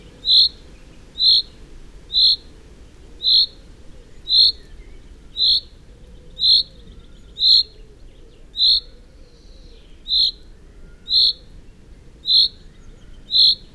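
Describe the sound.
Common chaffinch calling steadily, a bright high note repeated roughly once a second, about thirteen times, with nothing else prominent.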